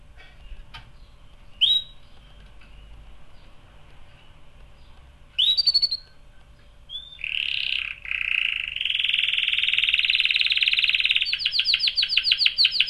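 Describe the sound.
Canary song: a few isolated chirps, then a long, loud, buzzy trill that builds and ends in rapid pulsed notes.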